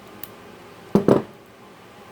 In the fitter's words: you'll feel it kind of pop into place